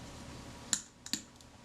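A slotted metal plate is lowered onto the locating pins of the leaf shutter on a Zeiss Ikon Contina IIa camera and seats with a sharp metallic click at 0.7 s. Two smaller ticks follow at about 1.1 s over a quiet background.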